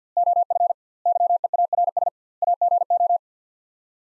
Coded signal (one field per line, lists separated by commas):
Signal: Morse code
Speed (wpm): 50 wpm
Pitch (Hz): 700 Hz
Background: none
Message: OF YEARS AGO